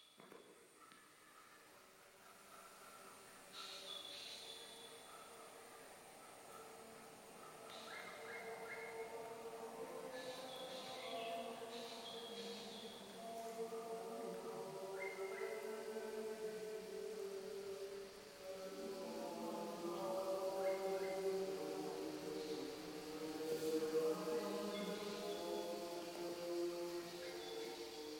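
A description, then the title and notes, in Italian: Sustained Gregorian chanting by low voices swells gradually, layered with scattered bright rainforest bird calls and a faint steady hiss throughout. La foresta pluviale di Kuranda (Queensland, Australia) si confonde con i canti gregoriani della Cattedrale di Cagliari e con la processione del venerdì santo.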